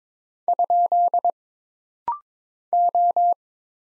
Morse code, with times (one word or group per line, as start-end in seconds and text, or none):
0.5-1.3 ?
2.7-3.3 O